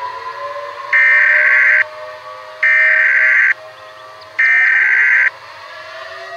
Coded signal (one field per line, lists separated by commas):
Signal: Emergency Alert System (SAME) tones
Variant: header bursts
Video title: EAS Mock: Antimatter Attack (Gift)